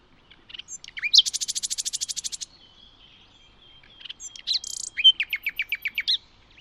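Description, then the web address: Bird song: a fast, buzzy high trill of evenly spaced notes, a pause with a thin whistle, then a second phrase ending in a series of sharp down-slurred chirps. "cianscape birddata Deverinetal 2025 File origin Bird Only Lu Me"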